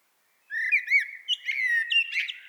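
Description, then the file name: Common blackbird song: a short phrase of rising and falling fluty notes followed by quick, scratchy higher twitters. "Turdus merula"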